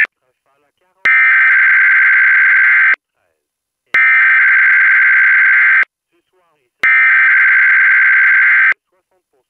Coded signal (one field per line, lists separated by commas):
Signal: Emergency Alert System (SAME) tones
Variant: header bursts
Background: speech